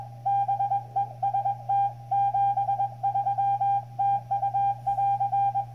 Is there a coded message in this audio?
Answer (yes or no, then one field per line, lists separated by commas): yes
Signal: Morse code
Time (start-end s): 0.3-5.6 s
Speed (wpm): 22 wpm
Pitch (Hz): 800 Hz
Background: none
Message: BEST 73 TU <AR>